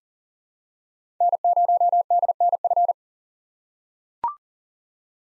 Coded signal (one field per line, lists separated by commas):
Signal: Morse code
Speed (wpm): 40 wpm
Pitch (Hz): 700 Hz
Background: none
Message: N0DNF